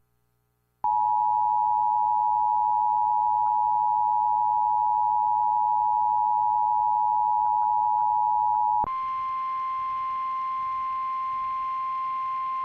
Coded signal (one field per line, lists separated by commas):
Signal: Emergency Alert System (SAME) tones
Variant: 853 and 960 Hz attention tone